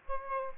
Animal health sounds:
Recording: mosquito wingbeat signal from an infrared sensor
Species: Aedes aegypti

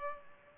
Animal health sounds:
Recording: mosquito wingbeat signal from an infrared sensor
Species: Culex pipiens

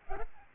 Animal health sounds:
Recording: mosquito wingbeat signal from an infrared sensor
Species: Aedes albopictus

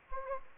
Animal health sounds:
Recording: mosquito wingbeat signal from an infrared sensor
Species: Anopheles gambiae

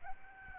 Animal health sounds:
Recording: mosquito wingbeat signal from an infrared sensor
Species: Aedes albopictus

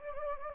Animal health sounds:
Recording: mosquito wingbeat signal from an infrared sensor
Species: Anopheles gambiae

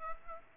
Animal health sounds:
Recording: mosquito wingbeat signal from an infrared sensor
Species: Aedes aegypti

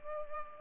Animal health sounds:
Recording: mosquito wingbeat signal from an infrared sensor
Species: Culex pipiens

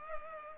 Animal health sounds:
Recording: mosquito wingbeat signal from an infrared sensor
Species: Culex pipiens

